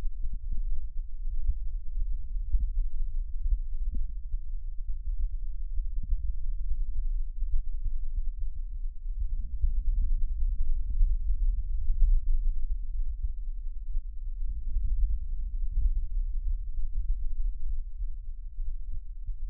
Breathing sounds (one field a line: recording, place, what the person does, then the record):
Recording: lung sounds by stethoscope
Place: right anterior apical chest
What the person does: quiet breathing, then deep breathing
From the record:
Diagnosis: asthma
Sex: female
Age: 77 years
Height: 160 cm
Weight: 68.7 kg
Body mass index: 26.6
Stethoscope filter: bell mode